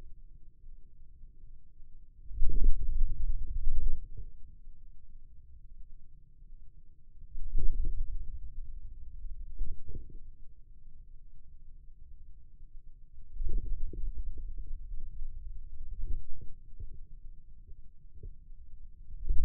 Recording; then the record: forearm muscle sounds (acoustic myography)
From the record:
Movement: wrist extension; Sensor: system 2, bracelet of six BSWA MPA416 microphones around the upper forearm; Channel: 2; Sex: male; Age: 22 years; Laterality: right